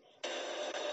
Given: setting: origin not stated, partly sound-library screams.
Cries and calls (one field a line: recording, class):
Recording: one-second piece from a danger detection set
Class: woman in danger